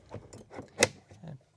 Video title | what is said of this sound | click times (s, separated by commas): 0892 20 Handheld Vacuum Accessories Packout and Wall Mounts | push it in until it snaps down. It sells securely in place with these latches. | 0.8 s